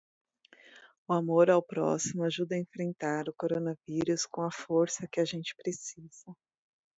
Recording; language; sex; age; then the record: spoken sentence; Brazilian Portuguese; female; 40 to 49 years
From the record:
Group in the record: control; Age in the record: 45 years